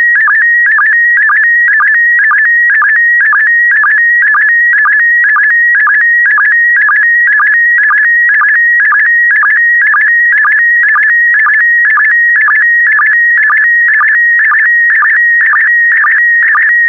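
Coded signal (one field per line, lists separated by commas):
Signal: SSTV (slow-scan television)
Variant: PD120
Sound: steady high warbling tone broken by regular low sync blips, about two per second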